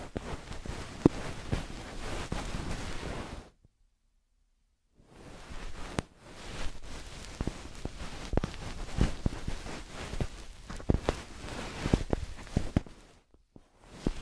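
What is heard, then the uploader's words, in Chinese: Dense crackling and brushing of a feather stick cleaning an ear, with sharp clicks, stopping in near silence around four seconds. 贯穿大脑，鹅毛棒掏耳助眠！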